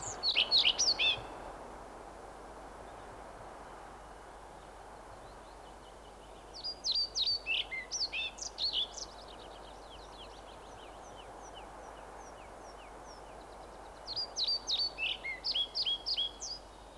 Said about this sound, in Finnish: Laulu muodostuu lyhyistä säkeistä, joiden sävelkorkeudet vaihtelevat paljon. Samoja säkeitä kirjosieppo toistelee kerta kerran jälkeen.